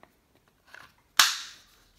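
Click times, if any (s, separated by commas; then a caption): 1.2 s. The rear cap is pushed back into an MG100 paintball marker body and its lever is switched to lock, with faint handling rustles around 0.7–0.8 s. A sharp, loud metallic click at 1.2 s rings out briefly as the cap locks into place.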